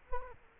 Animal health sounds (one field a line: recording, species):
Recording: mosquito wingbeat signal from an infrared sensor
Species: Culex quinquefasciatus